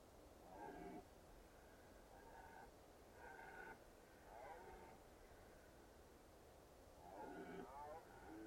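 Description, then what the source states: Red deer stags roaring in the rut, several harmonic bellows over steady background noise. Red deer stags rutting in the Carpathian Mountains, Bucovina, Romania.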